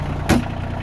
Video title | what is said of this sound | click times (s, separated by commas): Kioti ck2610 pros and cons with new homebuilt dirt screener | oh there it latched they're latched anyway so | 0.3 s